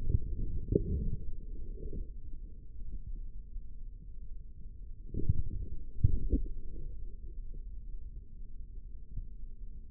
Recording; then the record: forearm muscle sounds (acoustic myography)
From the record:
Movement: forearm pronation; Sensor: system 3, bracelet of six PUI Audio POM-2738L microphones around the upper forearm, with dedicated amplification and filtering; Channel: 5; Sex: male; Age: 55 years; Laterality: right